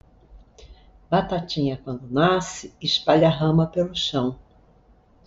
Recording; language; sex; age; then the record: short text; Brazilian Portuguese; female; 70 to 79 years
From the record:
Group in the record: control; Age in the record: 73 years